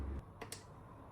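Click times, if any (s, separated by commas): 0.4 s, 0.5 s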